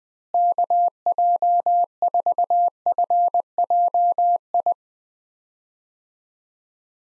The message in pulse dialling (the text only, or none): none